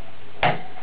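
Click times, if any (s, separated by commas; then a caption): 0.4 s. A memory stick is pressed straight down into a DIMM slot on a Dell E510 desktop motherboard until the plastic retaining clip snaps shut. A single short, sharp snap is heard at 0.4 s against a quiet, steady background. The RAM module is seated.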